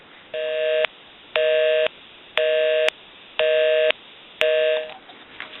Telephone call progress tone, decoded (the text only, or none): busy tone